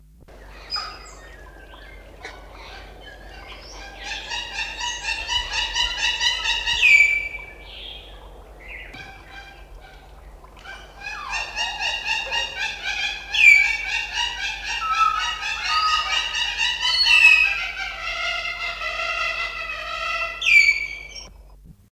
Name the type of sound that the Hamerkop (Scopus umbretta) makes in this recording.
call